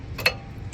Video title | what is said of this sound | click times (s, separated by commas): Toyota Corolla Brakes Replacement | click. Alright, bottom one didn't click, so | 0.2 s, 0.3 s